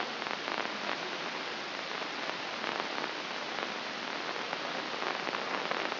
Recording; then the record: brain microelectrode recording played as sound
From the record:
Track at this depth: inside the subthalamic nucleus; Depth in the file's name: 2.433 mm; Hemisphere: left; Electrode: 2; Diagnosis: Parkinson's disease